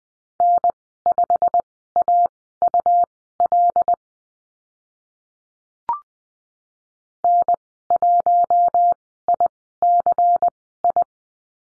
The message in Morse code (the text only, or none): N5AUL N1ICI